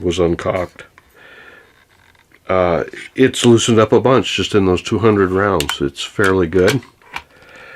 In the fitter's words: can see it takes a little bit of a snap to get it to lock into place it's still a little bit tight